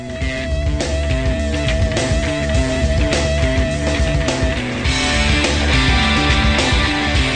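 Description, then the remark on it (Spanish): Loud distorted electric guitars drive a dense rock track with pounding drums and steady bass, the dense wall of sound holding a constant level with sharp cymbal hits punctuating the beat. “Y esa guitarra es más que reconocible.”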